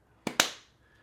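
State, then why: Seated. An iPhone 17 Pro Max is pressed into a rigid protective case until the case edges snap over the phone. Two sharp clicks are heard at 0.3 s and 0.4 s, the second louder with a short ringing tail. The case seats with a very solid click.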